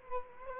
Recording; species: mosquito wingbeat signal from an infrared sensor; Culex quinquefasciatus